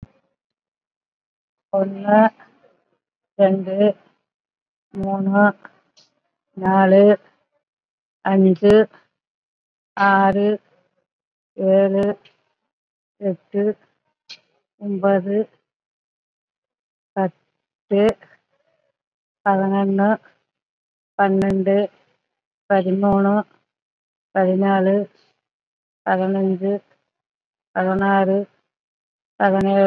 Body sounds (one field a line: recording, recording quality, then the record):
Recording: counting at a normal pace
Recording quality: excellent, no background noise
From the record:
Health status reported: COVID-19 positive, mild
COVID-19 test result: positive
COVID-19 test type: RT-PCR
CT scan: not taken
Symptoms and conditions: hypertension, diabetes, another condition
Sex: female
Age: 75 years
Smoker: no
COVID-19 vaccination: none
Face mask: worn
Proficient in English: no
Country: India